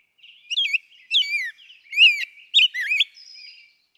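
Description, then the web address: Rose-breasted Grosbeak song: a short run of rich, slurred whistled phrases rising and falling, then a quieter warble. "birdsongforthecurious songs Rose-breasted Grosbeak"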